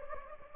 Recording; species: mosquito wingbeat signal from an infrared sensor; Anopheles gambiae